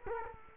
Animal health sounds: mosquito wingbeat signal from an infrared sensor; Culex quinquefasciatus

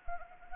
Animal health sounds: mosquito wingbeat signal from an infrared sensor; Anopheles arabiensis

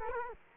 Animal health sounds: mosquito wingbeat signal from an infrared sensor; Culex quinquefasciatus

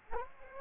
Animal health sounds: mosquito wingbeat signal from an infrared sensor; Culex quinquefasciatus

